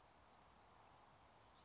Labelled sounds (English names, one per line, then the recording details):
California Towhee
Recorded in Sonoma County, California